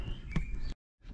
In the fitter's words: you just got to push that down and then you can hear it click, and then that slides like that.